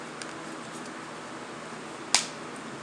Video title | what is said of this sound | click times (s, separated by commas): How to repair a Nintendo dsi console How to fix a Nintendo dsi system | It's snapped in place. | 2.1 s